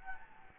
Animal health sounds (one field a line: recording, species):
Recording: mosquito wingbeat signal from an infrared sensor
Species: Anopheles gambiae